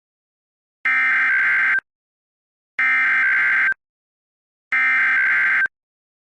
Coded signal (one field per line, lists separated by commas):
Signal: Emergency Alert System (SAME) tones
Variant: header bursts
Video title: VALID TONES- EAS #23 Tsunami Warning as part of CaribeWave 2024